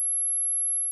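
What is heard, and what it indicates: A steady, pure high-pitched tone around 10 kHz, sustained for about a second, simulating the ringing heard in tinnitus.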